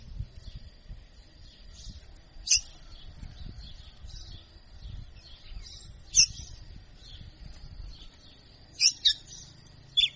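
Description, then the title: Red-cowled cardinal song: soft short chirpy phrases every second or two, with a few loud sharp notes, over a faint steady high tone. Female red-cowled cardinal, described as a tutor ('professor') bird singing vigorously. "Canto Galo Campina Fêmea. Galo de Campina Professor Açoitando"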